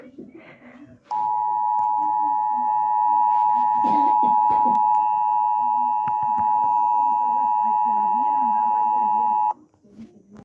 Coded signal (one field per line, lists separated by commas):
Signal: Emergency Alert System (SAME) tones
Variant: 853 and 960 Hz attention tone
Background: speech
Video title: EAS Alert #7 (VPTV) - Required Monthly Test